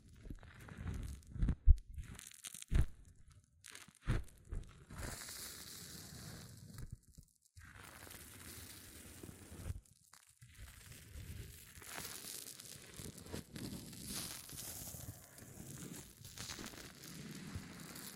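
Hair mousse fizzes and crackles in a dense, hissy texture that fills the upper range. The first five seconds bring sharp handling crunches and pops with brief silences, then a steadier bubbling fizz settles in, broken by short gaps near seven and ten seconds.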